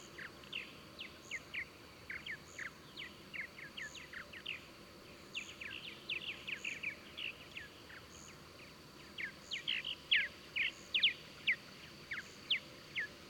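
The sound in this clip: Birds chattering: scattered chirps growing louder and denser toward the end, with soft regular high pulses in the background.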